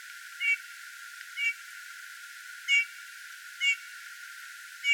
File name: Pyrrhula pyrrhula